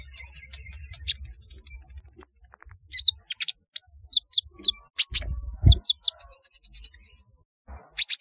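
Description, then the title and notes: Sunbird song: a long, very high, thin trill, then scattered squeaky chirps and quick twittering runs, with a soft thump midway. "Kicau Burung Kolibri"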